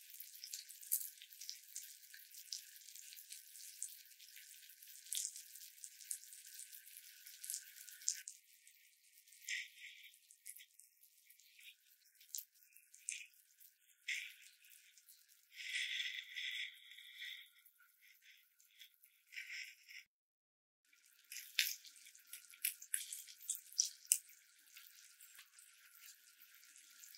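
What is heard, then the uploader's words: A bath bomb fizzes with thin, crackling hiss, dense at first, then thinning into scattered bursts, with a brief silent gap near twenty seconds. ASMR 泡澡.沐浴球觸發 | Bath Bombs Sounds | NoTalking.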